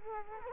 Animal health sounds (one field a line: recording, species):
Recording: mosquito wingbeat signal from an infrared sensor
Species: Culex quinquefasciatus